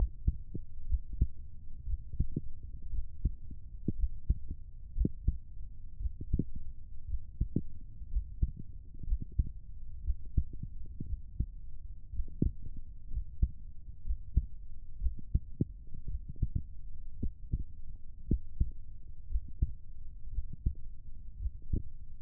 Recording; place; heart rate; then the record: heart sounds by stethoscope; pulmonary valve (PV); 58 bpm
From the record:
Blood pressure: 116/67 mmHg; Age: 27 years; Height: 171 cm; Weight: 69 kg